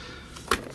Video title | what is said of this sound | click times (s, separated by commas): AT & UDL Loan Library - Tips and Tricks - I Series Devices - Eye gaze buttons and stand | You'll hear it click in, its magnetic. | 0.5 s